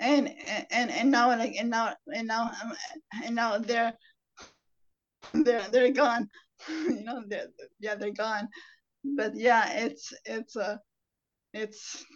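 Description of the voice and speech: An adult who stutters speaks in halting bursts, repeating the phrase "and now" several times and the words "they're" and "it's". Stretched sounds and frequent pauses break the flow. These are stuttering disfluencies: phrase and word repetitions with prolongations. The speaker has had speech therapy throughout life and is currently in a fluency therapy program.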